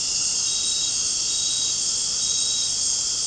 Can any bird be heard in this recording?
no